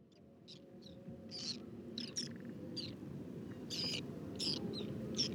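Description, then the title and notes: Whiskered tern flock giving short harsh rasping calls, scattered irregularly and overlapping, over a steady low rumble. Wintering flock of over two to three hundred birds picking insects from the water surface on a shallow lake covered with water lilies and lotus, Cambodia, 13 December 2018, 16:30; characteristic electric contact calls. "Guifettes en hivernage - Cambodge. 13 décembre 2018-16h30. lac peu profond couvert de nénuphars et de lotus. Guifettes moustac (Chlidonias hybridus). Cris électriques de contact très caractéristiques"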